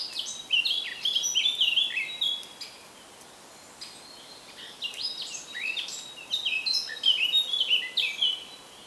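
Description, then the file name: Eurasian blackcap song: rich, fast warbled phrases of varied high notes in two bursts, with a quieter pause between them. "Sylvia atricapilla"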